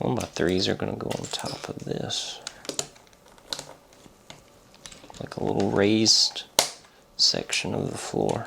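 Someone talks while handling 1x3 Lego plastic bricks that are about to be pressed onto a brick floor plate to form a raised floor section of a model, with a few small sharp taps and clicks from the parts. Nothing has seated or snapped into place yet.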